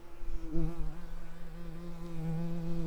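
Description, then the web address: Common carder bee buzzing: a steady low hum with rich overtones, wavering slightly in pitch throughout. Worker bees. "Pascuorum workers"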